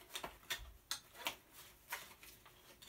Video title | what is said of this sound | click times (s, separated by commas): Tula Free to Grow Front Carry Video | goes up with a satisfying click | 0.9 s